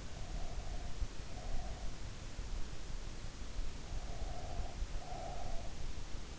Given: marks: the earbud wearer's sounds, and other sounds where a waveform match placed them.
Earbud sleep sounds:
sounds in sleep by an in-ear microphone; breath
0.15-1.96 s: breath
3.77-6.03 s: breath

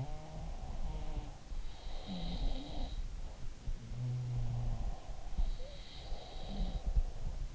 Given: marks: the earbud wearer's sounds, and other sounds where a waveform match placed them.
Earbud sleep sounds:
sounds in sleep by an in-ear microphone; breath
0.00-3.48 s: sound from someone else or the room
0.34-2.95 s: breath
3.75-7.55 s: sound from someone else or the room
4.27-7.55 s: breath

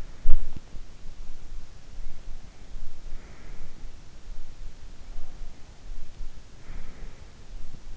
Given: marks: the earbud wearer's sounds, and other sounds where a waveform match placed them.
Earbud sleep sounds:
sounds in sleep by an in-ear microphone; body movement, breath
0.23-1.01 s: body movement
2.08-3.90 s: breath
6.70-7.97 s: breath

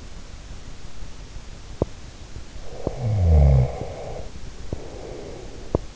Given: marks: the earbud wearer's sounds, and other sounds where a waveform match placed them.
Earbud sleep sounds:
sounds in sleep by an in-ear microphone; teeth grinding, snoring breath
1.70-1.96 s: teeth grinding
2.58-5.96 s: snoring breath
2.76-2.99 s: teeth grinding
5.58-5.96 s: teeth grinding

